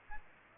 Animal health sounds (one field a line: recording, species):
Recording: mosquito wingbeat signal from an infrared sensor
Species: Aedes aegypti